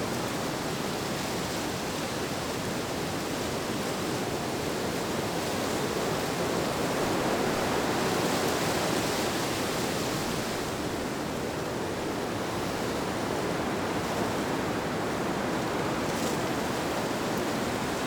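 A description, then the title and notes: Wind pushes steadily through leaves in a dense, unbroken rush, much like rushing water. The sound stays close and full, weighted toward the lower middle, with a gentle swell around the middle of the clip before settling back to the same even level. The Wind and the Leaves.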